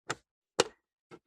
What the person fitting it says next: There it goes. Both sides are clicked. Nice and secure.